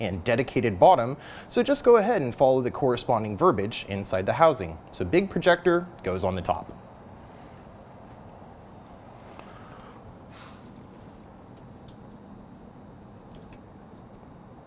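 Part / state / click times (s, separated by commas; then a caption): LED headlight into the vehicle headlight housing / not seated / none. Someone talks while a 4x6 JW Speaker 8800 LED low-beam headlight is lined up with a Toyota headlight housing, big projector at the top, during a headlight conversion. After the talking stops around 6.7 s, only faint handling noise and a couple of small ticks follow near 9.4 s and 13.4 s. Nothing has seated or clicked into place yet.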